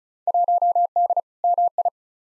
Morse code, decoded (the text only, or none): 1D MI